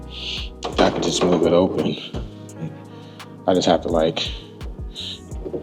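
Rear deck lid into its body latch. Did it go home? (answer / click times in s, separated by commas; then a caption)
no / none. Someone talks while handling the rear engine deck lid of an air-cooled Porsche 911 Targa, which doesn't close all the way or latch into its body latch and can simply be moved open. Short thunks and knocks sound over background music as the lid is worked. Nothing has seated or clicked yet by the end of the clip.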